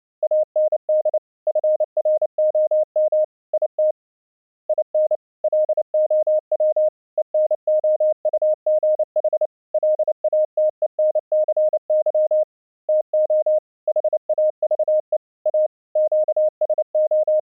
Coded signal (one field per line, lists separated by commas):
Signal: Morse code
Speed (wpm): 29 wpm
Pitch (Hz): 620 Hz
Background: none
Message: AND FROM IT IN LOW ENOUGH LATENCY TO HAVE A QSO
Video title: Low Latency Audio Streaming using the FREE AUDIO SERVER from StreamYourAudio.Com, Morse code example